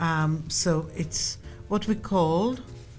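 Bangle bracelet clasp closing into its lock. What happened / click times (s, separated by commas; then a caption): The clasp is handled but has not clicked shut yet / none. An 18 karat white gold bangle bracelet is handled with its clasp still open while someone talks over soft background music. Nothing has seated or clicked yet; the clasp has not closed into its lock.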